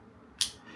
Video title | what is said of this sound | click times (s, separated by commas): Is This 13.5 Inch Android Car Headrest Monitor the FUTURE of In-Car Entertainment? AINAVI | Put it back in there and you'll hear it click. | 0.4 s